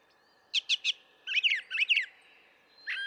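Brown thrasher song with three quick repeated notes, followed by two rich warbled phrases and a final note.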